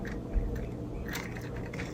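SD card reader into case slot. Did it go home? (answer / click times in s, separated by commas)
no / none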